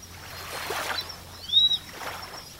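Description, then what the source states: Grey-faced buzzard gives one drawn-out whistled note over a soft background hiss. Kamishima, Mie Prefecture, Japan.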